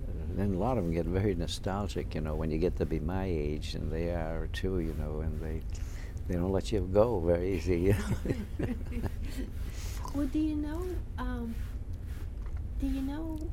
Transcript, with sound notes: And a lot of them get very nostalgic, you know, when you get to be my age, and they are, too, you know, and they, they don't let you go very easy. ( they laugh )
Well, do you know, do you know